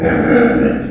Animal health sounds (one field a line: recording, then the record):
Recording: squeal of a Yucatan mini pig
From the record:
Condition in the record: after surgery on the right vocal fold (resection and tissue-engineered implant)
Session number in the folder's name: 3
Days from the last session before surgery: 21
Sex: female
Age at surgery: 19 weeks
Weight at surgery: 25 kg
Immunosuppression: prednisolone